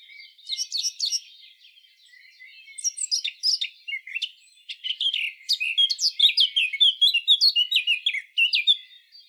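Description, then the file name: Eurasian blackcap song: scratchy, rambling warble in bursts, then a sustained run of quick, loud, clear notes over the last few seconds. "Sylvia atricapilla"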